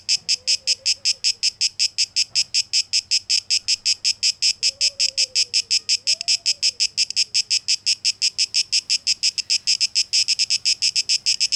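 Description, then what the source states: Cicadas giving a fast pulsing buzz while a soft, wavering low tone rises and falls in the background, the pulses growing denser near the end. Cicadas recorded on 12 August 2023, tape echo mix.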